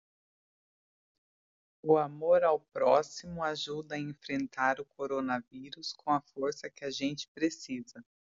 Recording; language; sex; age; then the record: spoken sentence; Brazilian Portuguese; female; 30 to 39 years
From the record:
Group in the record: control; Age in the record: 38 years